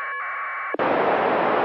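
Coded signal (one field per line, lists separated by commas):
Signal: packet radio (AX.25, as in APRS)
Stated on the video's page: Amateur packet radio transmitted and received via the ISS during one pass.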